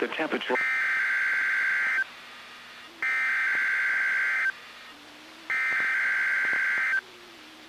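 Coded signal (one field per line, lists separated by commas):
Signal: Emergency Alert System (SAME) tones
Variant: header bursts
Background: speech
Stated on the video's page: NOAA Weather Radio Required Weekly Test, audio-only recording, conducted at 6:21 PM EST.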